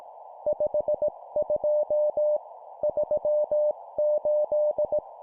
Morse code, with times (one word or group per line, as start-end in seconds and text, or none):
0.5-2.4 52
2.8-5.0 38